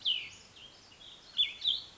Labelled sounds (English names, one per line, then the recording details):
Cassin's Vireo
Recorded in Sonoma County, California